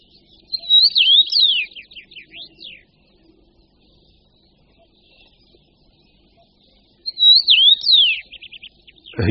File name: Hýl-rudý